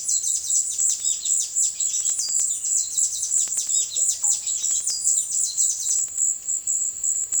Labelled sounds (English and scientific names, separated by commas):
unidentified bird, Russet-backed Oropendola (Psarocolius angustifrons)